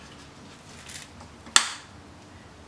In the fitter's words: click it into place